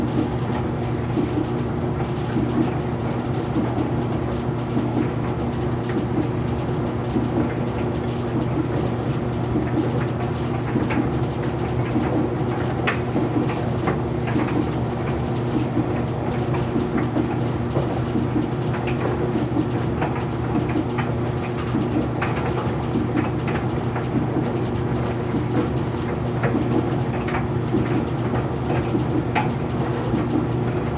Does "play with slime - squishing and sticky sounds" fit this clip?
no